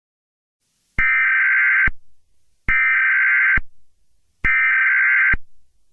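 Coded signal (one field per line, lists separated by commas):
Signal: Emergency Alert System (SAME) tones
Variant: header bursts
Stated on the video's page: Mock EAS alert for a Dam Watch, a code never used; simulated, not real.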